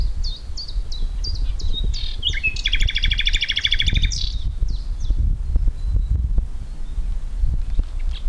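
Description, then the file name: Common nightingale song: a run of repeated hooked whistles, then a rapid, loud buzzy trill of tightly repeated notes, followed by scattered high notes over steady low rumbling background noise. "Luscinia megarhynchos"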